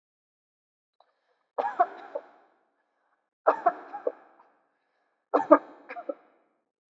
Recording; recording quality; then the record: heavy voluntary cough; excellent, no background noise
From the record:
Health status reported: healthy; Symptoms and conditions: none ticked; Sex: female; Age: 28 years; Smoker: not ticked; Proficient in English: yes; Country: India